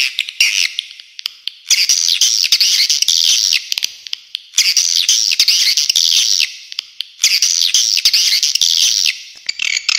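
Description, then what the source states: Swiftlet chirping, several long bursts of dense high twittering, separated by short quieter gaps with clicks. Clean, clear calls.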